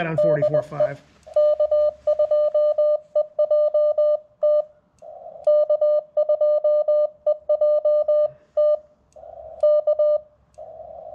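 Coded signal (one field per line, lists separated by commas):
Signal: Morse code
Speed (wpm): 19 wpm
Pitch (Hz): 600 Hz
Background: speech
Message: DE K2EJT K2EJT K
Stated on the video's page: Morse sent on a 1961 Vibroplex bug during a cold Parks On The Air activation, TX-500 radio, 213-inch whip through a ZM-2 tuner.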